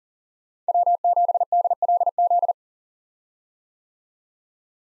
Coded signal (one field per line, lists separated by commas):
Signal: Morse code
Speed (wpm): 40 wpm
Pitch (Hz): 700 Hz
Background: none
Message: W7DLZ